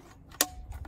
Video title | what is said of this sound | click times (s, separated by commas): HYMOVO Cordless Leaf Blower, 20V Electric Handheld Leaf Blower with Battery and Charger, Model#8189 | installation for this is very easy we're going to slide on the center tube and listen for the click | 0.4 s